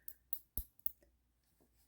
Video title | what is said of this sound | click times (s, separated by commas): Tandy Color Computer w/ Mark Data UVD repair | and it does latch. So, | 0.3 s, 0.6 s, 0.9 s